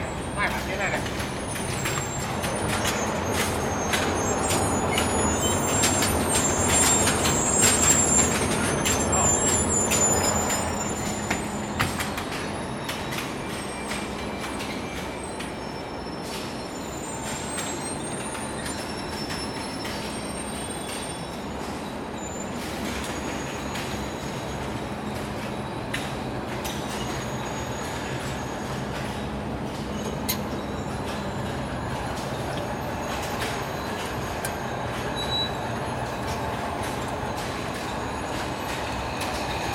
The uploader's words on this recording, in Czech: Procházka čajovou továrnou, záznam ruchu ve stereu. Zvukový svět čajové továrny ve Vietnamu. Jde o autentickou nesestřihanou nahrávku drobné procházky kolem strojů s rekordérem.